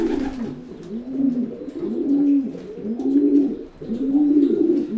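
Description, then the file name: Pigeon cooing, loud low rounded coos repeated roughly every second in an even rhythm. "holub"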